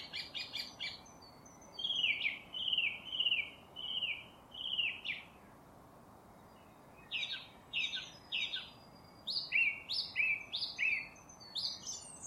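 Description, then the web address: Song thrush song: a rattle, a slurred whistled phrase repeated six times, a pause, then new chirpy phrases each repeated several times in quick succession. "cianscape birddata Deverinetal 2025"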